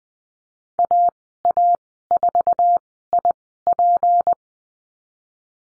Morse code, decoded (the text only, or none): AA4IP